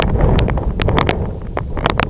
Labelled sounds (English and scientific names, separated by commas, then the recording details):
none
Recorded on Arctic tundra, site IGLO-F, on 25 June 2018
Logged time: 14:00